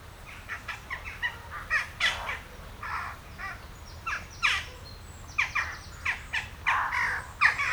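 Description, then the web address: Western jackdaw calls, repeated short harsh chacks from several birds, tumbling and overlapping, over a low hum. "Effects 02-Birds, Insects Animals. Birds Crown Jackdaws"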